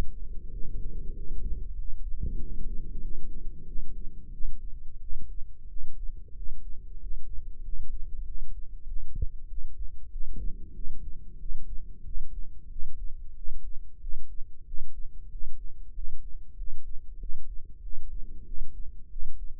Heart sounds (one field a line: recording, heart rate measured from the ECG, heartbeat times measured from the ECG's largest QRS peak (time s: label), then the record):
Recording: heart sounds by microphone in the left ear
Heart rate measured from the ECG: 94 bpm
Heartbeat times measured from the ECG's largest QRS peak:
0.49 s: heartbeat
1.12 s: heartbeat
1.75 s: heartbeat
2.36 s: heartbeat
3.00 s: heartbeat
3.64 s: heartbeat
4.30 s: heartbeat
4.98 s: heartbeat
5.67 s: heartbeat
6.34 s: heartbeat
6.98 s: heartbeat
7.61 s: heartbeat
8.24 s: heartbeat
8.85 s: heartbeat
9.47 s: heartbeat
10.09 s: heartbeat
10.73 s: heartbeat
11.37 s: heartbeat
12.03 s: heartbeat
12.68 s: heartbeat
13.34 s: heartbeat
13.99 s: heartbeat
14.64 s: heartbeat
15.29 s: heartbeat
15.92 s: heartbeat
16.55 s: heartbeat
17.18 s: heartbeat
17.80 s: heartbeat
18.44 s: heartbeat
19.08 s: heartbeat
From the record:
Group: healthy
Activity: rest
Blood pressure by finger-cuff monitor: 108/72 mmHg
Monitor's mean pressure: 83 mmHg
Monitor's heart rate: 94 bpm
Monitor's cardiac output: 7.5 L/min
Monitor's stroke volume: 81 mL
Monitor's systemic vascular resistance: 800 dyn s/cm5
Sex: male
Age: 19 years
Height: 178 cm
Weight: 83 kg